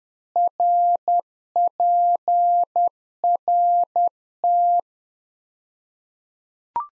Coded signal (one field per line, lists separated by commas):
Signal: Morse code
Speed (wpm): 10 wpm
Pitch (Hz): 700 Hz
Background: none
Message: RPRT